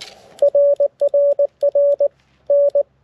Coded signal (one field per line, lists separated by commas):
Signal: Morse code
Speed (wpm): 19 wpm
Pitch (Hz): 570 Hz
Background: none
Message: RRR N